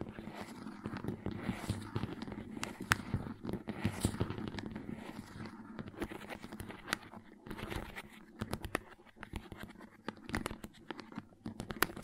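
Crayons tap, scrape and scratch across paper in a busy, uneven stream of short clicks and rough strokes. Sharp taps come in quick clusters, thickest after the eighth second, over a steady low murmur and a faint voice early on.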